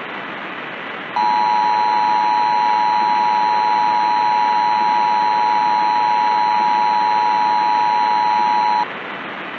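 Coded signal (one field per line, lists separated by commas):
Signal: Emergency Alert System (SAME) tones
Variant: 853 and 960 Hz attention tone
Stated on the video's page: Fictional EAS scenario about the Trinity nuclear test.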